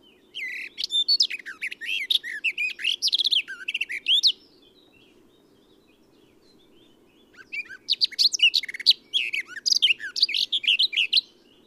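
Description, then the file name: Eurasian blackcap singing two rich, hurried warbling phrases of about four seconds each, split by a silent-seeming pause, with a steady low drone underneath. "Sylvia atricapilla"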